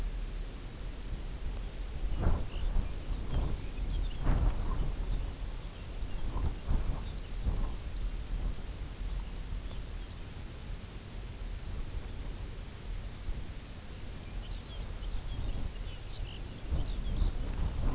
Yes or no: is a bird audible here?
yes